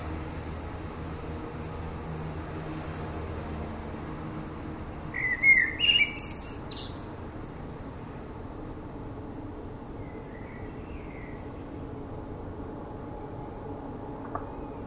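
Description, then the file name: Common blackbird singing one short fluty phrase with a scratchy high ending, then a faint warble; otherwise a long quiet stretch of background hiss. "Turdus merula"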